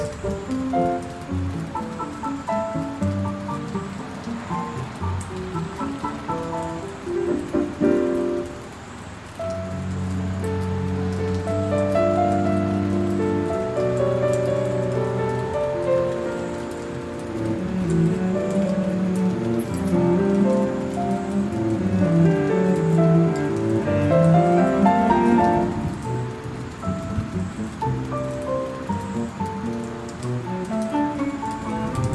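Piano music plays over steady rainfall. Gentle notes move through a mid-to-low range, with a fuller, deeper passage from about ten seconds and more sustained chords later, while the hiss of rain continues evenly underneath throughout.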